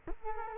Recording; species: mosquito wingbeat signal from an infrared sensor; Culex quinquefasciatus